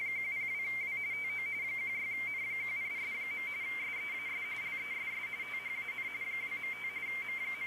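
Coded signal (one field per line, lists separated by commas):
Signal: RTTY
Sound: continuous rapid warbling between two close high tones, typical teletype burble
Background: radio static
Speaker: Looks like they're still doing the weather report. There it goes.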